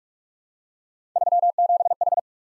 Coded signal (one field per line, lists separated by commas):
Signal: Morse code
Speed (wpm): 44 wpm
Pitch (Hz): 700 Hz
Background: none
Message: 37H